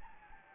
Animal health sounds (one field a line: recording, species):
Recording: mosquito wingbeat signal from an infrared sensor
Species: Anopheles gambiae